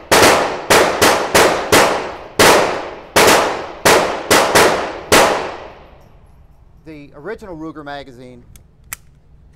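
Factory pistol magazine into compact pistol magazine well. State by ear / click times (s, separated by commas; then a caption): seated / 8.9 s. A series of loud gunshots with long ringing decays fills the first six seconds, then someone talks. The original factory Ruger magazine is pushed into the Ruger LCP compact pistol's magazine well, and the magazine catch engages with a sharp click at 8.9 s, locking it into place just fine.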